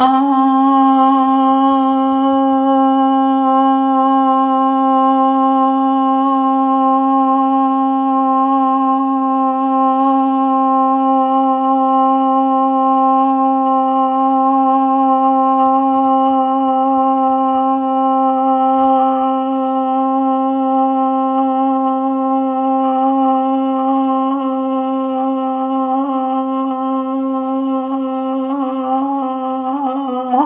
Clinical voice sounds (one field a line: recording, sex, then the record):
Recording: sustained vowel /a/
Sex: female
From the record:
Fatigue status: fatigue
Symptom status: symptomatic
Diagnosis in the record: COVID-19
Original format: 3gp